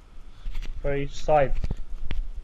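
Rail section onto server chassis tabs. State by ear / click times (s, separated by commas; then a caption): seated / 2.1 s. A section of metal rail is fitted onto the black tabs on the side of an HP rack-mounted server while someone talks. A single sharp click is heard at 2.1 s as the rail section snaps into place on the tabs.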